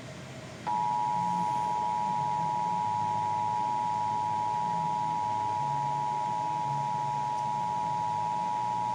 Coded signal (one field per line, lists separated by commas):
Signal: Emergency Alert System (SAME) tones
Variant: 853 and 960 Hz attention tone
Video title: Pennsylvania Required Monthly Tests (10/21/21)(EAS 959-964)